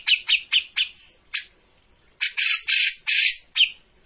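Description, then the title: Grey-cheeked bulbul giving harsh, buzzy chattering notes, several quick bursts, a pause, then longer rasping phrases. Bird-training master of a persistently singing (gacor) bird. "Cucak Jenggot Gacor. Masteran burung cucak jenggot ! Suaka burung"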